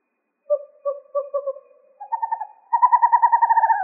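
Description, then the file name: Western screech owl: a few separate low hoots, then a rapid pulsed trill that steps up in pitch and runs on steadily; nothing else audible. Recorded in Arizona on 7 January 2006. "WESO 3 D deviche"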